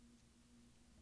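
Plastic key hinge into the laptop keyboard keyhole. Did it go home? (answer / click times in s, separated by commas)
no / none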